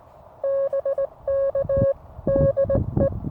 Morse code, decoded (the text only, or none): BK DE